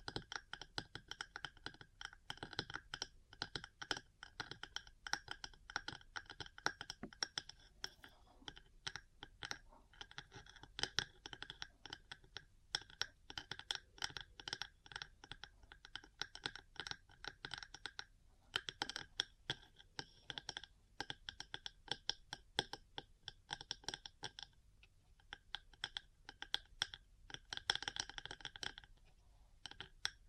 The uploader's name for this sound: Metal Parts Tapping & Scratching